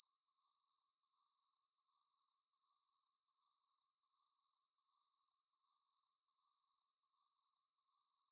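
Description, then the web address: Crickets chirping: a continuous high, shrill trill pulsing in regular bursts, steady throughout with no other sounds. Night ambience of chirping crickets. "Blastwave INSECTS Crickets Chirp"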